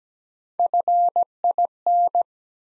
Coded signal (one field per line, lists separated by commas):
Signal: Morse code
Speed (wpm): 17 wpm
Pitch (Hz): 700 Hz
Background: none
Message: FIN